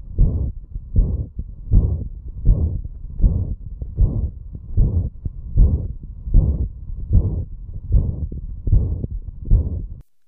The high-frequency holosystolic murmur of mitral valve insufficiency.